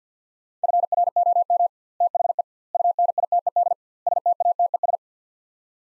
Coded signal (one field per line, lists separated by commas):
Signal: Morse code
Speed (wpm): 50 wpm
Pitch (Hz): 700 Hz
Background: none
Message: FROM THE UNITED STATES